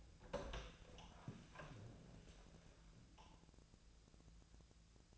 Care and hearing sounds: daily activity, microphone in the room; open door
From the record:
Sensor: 2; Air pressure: 1000.3 hPa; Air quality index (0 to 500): 172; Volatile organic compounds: 3 ppm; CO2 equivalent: 1430 ppm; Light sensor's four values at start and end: 10/23/10/10 and 10/24/10/11

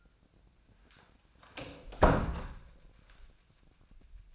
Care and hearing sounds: daily activity, microphone in the room; close door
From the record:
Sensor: 2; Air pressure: 1009.1 hPa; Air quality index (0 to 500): 186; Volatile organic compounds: 3 ppm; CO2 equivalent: 1346 ppm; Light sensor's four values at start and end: 31/81/34/36 and 30/81/34/36

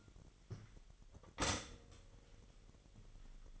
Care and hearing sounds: daily activity, microphone in the room; stop toaster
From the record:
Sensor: 4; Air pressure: 1002.9 hPa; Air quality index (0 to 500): 242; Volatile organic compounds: 18 ppm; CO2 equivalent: 2625 ppm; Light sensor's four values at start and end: 22/75/28/28 and 22/75/28/28

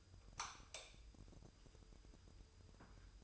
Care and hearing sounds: daily activity, microphone in the room; light off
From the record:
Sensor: 2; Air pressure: 988.2 hPa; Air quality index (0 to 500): 192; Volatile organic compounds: 192 ppm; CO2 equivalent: 4187 ppm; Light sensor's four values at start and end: 11/33/13/13 and 6/15/6/7

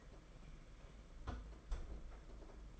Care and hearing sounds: daily activity, microphone in the room; close fridge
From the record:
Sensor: 5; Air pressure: 992.0 hPa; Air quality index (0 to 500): 200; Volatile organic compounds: 1000 ppm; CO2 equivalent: 5759 ppm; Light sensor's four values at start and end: 29/100/37/39 and 29/101/37/39

